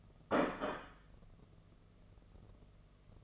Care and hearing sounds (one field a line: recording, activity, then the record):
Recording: daily activity, microphone in the room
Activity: place plate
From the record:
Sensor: 4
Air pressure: 1016.0 hPa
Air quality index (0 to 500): 208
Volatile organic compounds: 13 ppm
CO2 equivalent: 2397 ppm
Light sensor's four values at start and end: 17/39/16/17 and 17/39/16/17